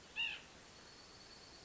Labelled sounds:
White-breasted Nuthatch

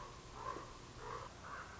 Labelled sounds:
Common Raven

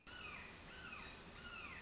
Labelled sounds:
Red-shouldered Hawk

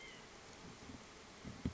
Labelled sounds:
White-breasted Nuthatch

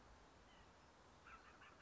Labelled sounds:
White-breasted Nuthatch

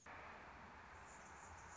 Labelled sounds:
Anna's Hummingbird

